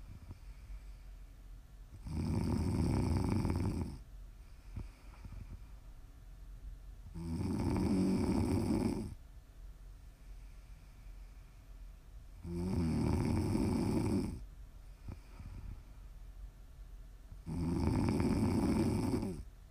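Four loud, low, rattling snores come on the in-breaths, about every five seconds (roughly 12 breaths a minute), with quiet breathing between them. The rhythm is steady and even. It is ordinary snoring from an adult asleep.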